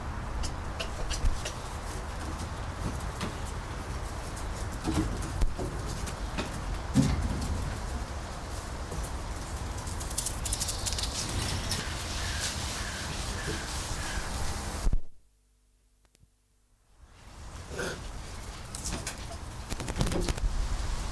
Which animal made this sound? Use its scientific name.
Macaca radiata